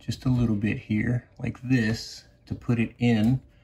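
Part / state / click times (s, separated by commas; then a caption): rubber foot into the bottom of a mini PC case / not seated / none. A small sticky rubber foot is bent slightly before being fitted over the screw hole on the bottom of an Aiffro K100 all-SSD NAS case, a mini PC case, while someone talks throughout. The foot is only being handled, and nothing has seated or clicked into place yet.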